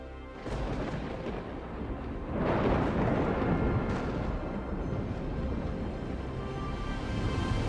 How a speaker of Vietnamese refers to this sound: Thiên nhãn nhìn thấy Bác Cổ là đại hung sát tinh, từ trong đám mây đen liên tiếp tỏa ra lôi phạt, đùng đùng đánh xuống.